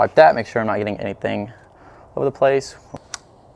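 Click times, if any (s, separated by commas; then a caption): 3.1 s. Someone talks, then a plastic oil filler cap is screwed back onto the valve cover of a 2015–2020 BMW F80 M3 / F82 M4 engine by hand after topping up the engine oil. Its ratchet gives a small, sharp click at 3.1 s, showing the cap is tight.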